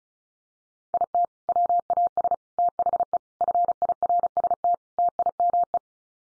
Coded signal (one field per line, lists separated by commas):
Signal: Morse code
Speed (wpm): 34 wpm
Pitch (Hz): 700 Hz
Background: none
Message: IT WAS THE FIRST TIME